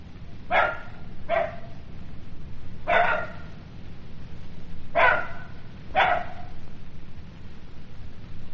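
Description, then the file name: Jackal barks: five short, harsh yelping barks at uneven intervals over about six seconds, with a steady low rumbling hum underneath. "zvuki shakala"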